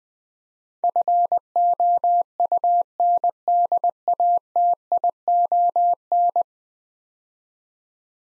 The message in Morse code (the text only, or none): FOUNDATION